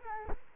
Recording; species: mosquito wingbeat signal from an infrared sensor; Culex quinquefasciatus